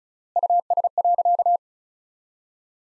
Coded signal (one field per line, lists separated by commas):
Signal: Morse code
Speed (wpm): 34 wpm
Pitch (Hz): 700 Hz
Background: none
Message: US.